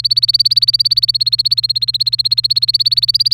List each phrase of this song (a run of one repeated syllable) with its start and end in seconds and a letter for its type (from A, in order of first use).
0.00-3.34 A